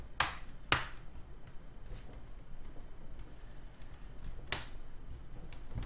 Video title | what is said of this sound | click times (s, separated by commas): Laptop screen replacement How to replace HP Pavilion g6 screen | you'll hear it pop into place | 0.2 s, 0.7 s